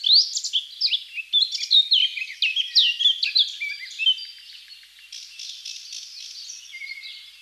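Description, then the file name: Eurasian blackcap song: a fast, varied warble of sweet twittering and fluty notes for about four seconds, then softer scattered chirps and a faint thin whistle. "Sylvia atricapilla"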